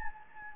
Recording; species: mosquito wingbeat signal from an infrared sensor; Anopheles gambiae